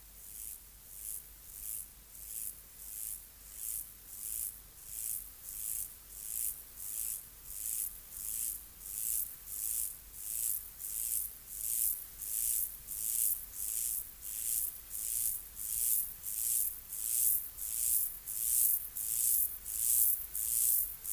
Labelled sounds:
Mottled Grasshopper stridulation
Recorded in the wild
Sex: male
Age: imago
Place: Mühlenbecker Land, OT Zühlsdorf, Briesetal, Brandenburg, DE
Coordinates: 52.7333, 13.3833
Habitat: pine stand
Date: 1983-08-27 17:50
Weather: sunny, 23°C
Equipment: Nagra SN (Automatic), Sennheiser MKH 416 T, Kopie Uher 4000 Report Monitor
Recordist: Tembrock, Günter

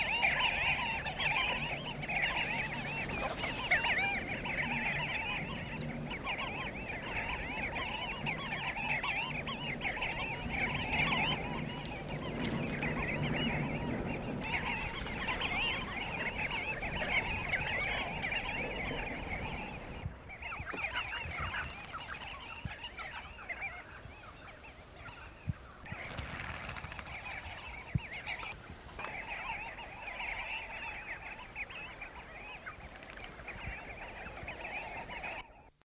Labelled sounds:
Namaqua Sandgrouse call
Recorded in captivity
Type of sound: call
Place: Etosha
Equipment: Halbspur, 9,5 cm/s
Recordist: Lütgens, Hans
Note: Etoshapfanne

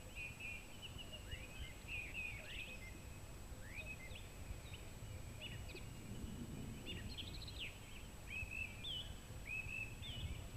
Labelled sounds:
Song Thrush song
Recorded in the wild
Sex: male
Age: adult
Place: Vrata Tal, Krain, SI
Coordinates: 46.4, 13.9
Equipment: Hornyphon, Phillips Mikrofon
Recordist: Brunner, Thomas

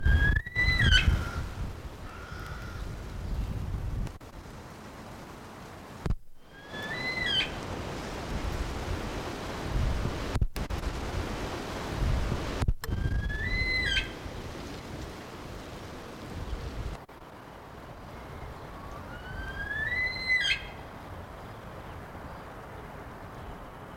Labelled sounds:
Himalayan Snowcock
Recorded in captivity
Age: adult
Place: Tierpark Berlin, Berlin, DE
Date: 1992-04-19 11:20
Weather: wechselnd wolkig, 8 °C, Windböen
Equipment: Nagra SN, Mikrofon AKG CK 8, Kopie Tesla B 116
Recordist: Tembrock, Günter
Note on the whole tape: Langlaute (hoch aufgerichtet), (erste unvollständig; Entfernung ca. 30 m, aus der Nähe Kurzlaute (anderes Exemplar)

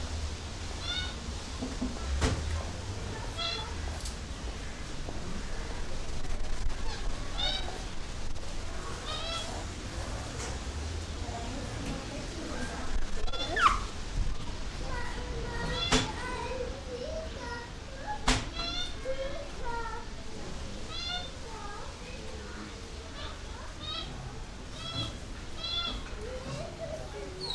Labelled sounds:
Weeper Capuchin call
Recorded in captivity
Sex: group
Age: adult
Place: Zoo Berlin, Berlin, DE
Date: 1997-09-14 13:40
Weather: heiter - wolkig, ca. 23°C
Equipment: Sony MD-WM MZ-R3, Sennheiser ME 80, Kopie Uher 4000 Report Monitor
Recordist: Tembrock, Günter

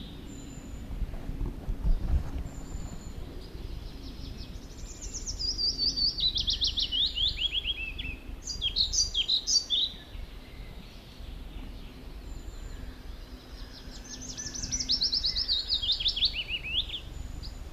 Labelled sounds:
European Pied Flycatcher song
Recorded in the wild
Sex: male
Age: adult
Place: Schönow, Naturpark Barnim, Brandenburg, DE
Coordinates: 52.6814, 13.5014
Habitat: decidous forest
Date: 2013-05-20
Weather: cloudy, weak wind, 15°C
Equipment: Sound Devices 702, Sennheiser MKH 70, Rycote Windschutz
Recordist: Frommolt, Karl-Heinz

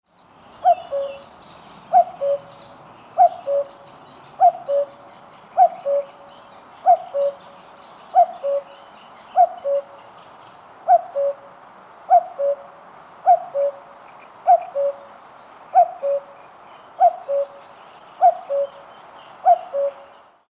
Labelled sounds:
Common Cuckoo
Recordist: Tembrock, Günter
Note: Rufreihe des Männchens

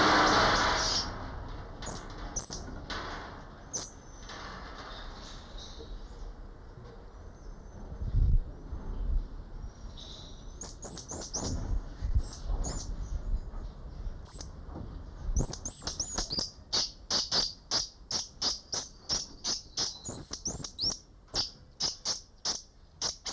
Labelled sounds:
Common Squirrel Monkey call
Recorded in captivity
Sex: group
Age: diverse
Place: Primatenstation Kassel, Hessen, DE
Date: 1995-09-24 13:38
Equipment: Sony WM-D6C, Sennheiser ME 80, Kopie Uher 4000 Report Monitor
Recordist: Tembrock, Günter

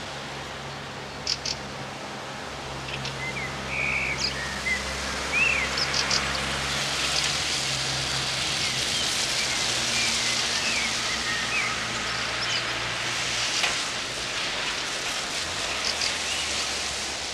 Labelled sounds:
Common Blackbird song
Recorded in the wild
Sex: male
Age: adult
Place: Grindelwald, Bern, CH
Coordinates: 46.6253, 8.03083
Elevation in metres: 1036
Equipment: Uher 4000 Report, Sennheiser MKH 815 T
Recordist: Tretzel, Erwin

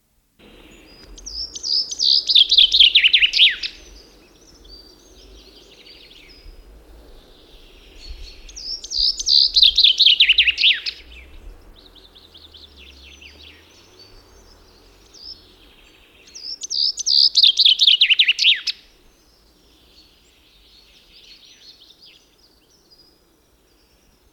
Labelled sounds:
Common Chaffinch song
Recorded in the wild
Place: Sibiu, Transilvania, RO
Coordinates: 45.803, 24.145
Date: 1976-05-20
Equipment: Nagra III BH, Sennheiser MD 21, parabola
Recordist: Schubert, Michael
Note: Gesang Buchfink, besonderer Strophentyp

